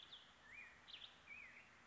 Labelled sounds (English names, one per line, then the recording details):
Black-headed Grosbeak
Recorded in Sonoma County, California